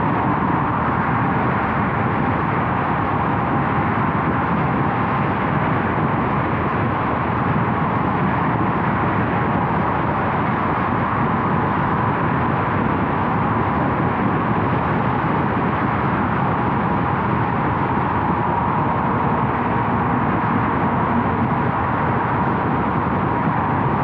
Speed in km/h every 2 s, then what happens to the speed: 84, 84, 84, 84, 84, 84, 84, 84, 84, 84, 84, 84.
0-24 steady at about 84.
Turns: none.